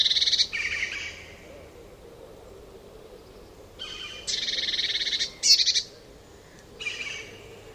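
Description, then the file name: Eurasian blue tit giving several rasping, rapidly pulsed churrs, some longer and some short, against a soft steady background. "Cyanistes caeruleus"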